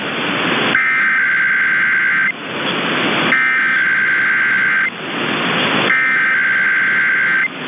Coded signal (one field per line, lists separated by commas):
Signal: Emergency Alert System (SAME) tones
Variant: header bursts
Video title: Sunday Weeklies (EAS #11899-11902) 7/16/23